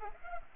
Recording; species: mosquito wingbeat signal from an infrared sensor; Culex pipiens